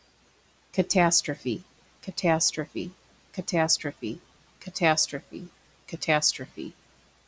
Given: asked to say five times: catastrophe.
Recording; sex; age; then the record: repeated word; female; 30 to 39 years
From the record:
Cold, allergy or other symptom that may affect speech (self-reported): no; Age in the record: 30 years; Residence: Wisconsin, United States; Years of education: 16